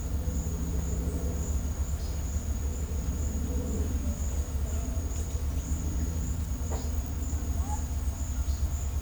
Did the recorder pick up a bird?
no